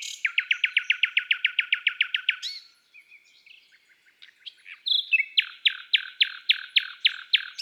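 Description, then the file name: Common nightingale song: a long steady series of loud repeated sharp notes, a quieter varied interlude, then another slower repeated series. Woodland and forest birdsong. "Rossignol philomele Chants doiseaux des bois et des forets"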